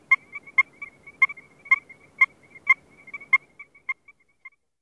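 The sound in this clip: Strecker's chorus frog calling: short, clear, bell-like chirps repeated about twice a second, with softer chirps from other frogs between them. The calls thin out and fade toward the end.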